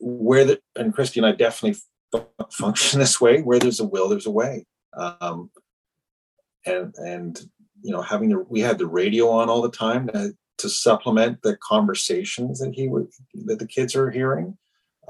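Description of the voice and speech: An adult man talks about family life in clear, fluent speech at an ordinary pace, with a brief hesitation: typical speech.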